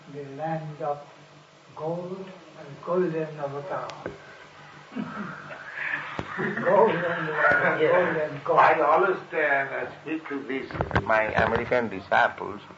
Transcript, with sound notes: the land of gold and Golden Avatāra. (laughs)
I am always speak to this, my American disciples,